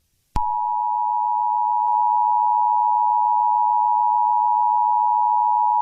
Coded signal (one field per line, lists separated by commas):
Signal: Emergency Alert System (SAME) tones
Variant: 853 and 960 Hz attention tone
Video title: EAS Scenario #6: Great Terror Attack of London.